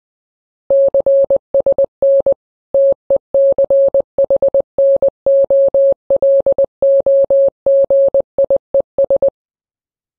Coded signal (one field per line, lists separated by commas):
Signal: Morse code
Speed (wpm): 20 wpm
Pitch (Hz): 550 Hz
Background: none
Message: CSN TECHNOLOGIES